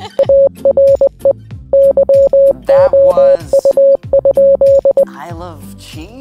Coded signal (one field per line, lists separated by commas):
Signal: Morse code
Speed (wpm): 20 wpm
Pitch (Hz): 550 Hz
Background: speech, music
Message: ARE YOU?